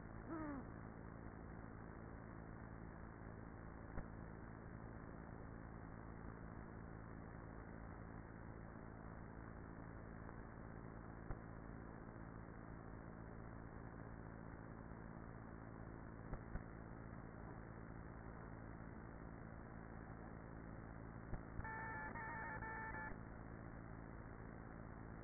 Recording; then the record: honeybee colony, microphone inside the hive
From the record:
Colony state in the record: queenless with a low population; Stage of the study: after two queens were removed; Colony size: about 30,000 bees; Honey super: no